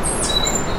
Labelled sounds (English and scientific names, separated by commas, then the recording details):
Stitchbird (Notiomystis cincta) song
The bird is a male
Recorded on Tiritiri Matangi Island, New Zealand, in 2005
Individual 9, of nest box 11